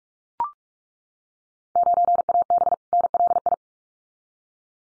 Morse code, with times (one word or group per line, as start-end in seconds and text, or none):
1.8-2.7 9AB
2.9-3.5 NLI